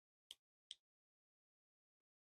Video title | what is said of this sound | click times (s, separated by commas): How I set up the Austin Healey Sprite's front hinge bonnet for easy removal. Bugeye Build Ep. 140 | and I don't know if you'll be able to hear it but there should be an audible click | 0.3 s, 0.7 s